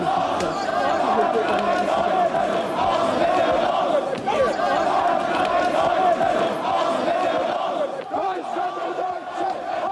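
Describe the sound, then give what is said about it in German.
A large crowd shouting hostile xenophobic slogans while throwing stones and Molotov cocktails into residential buildings, many voices merging into a loud, dense, unbroken roar that holds steady for the whole ten seconds, with occasional sharper cries rising above it. “Die meisten schreien ausländerfeindliche Parole, schmeißen Steine und Molotow-Cocktails hier in unsere Wohnhäuser rein.”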